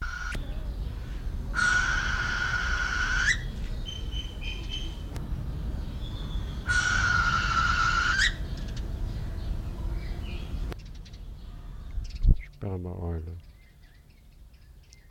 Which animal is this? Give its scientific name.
Surnia ulula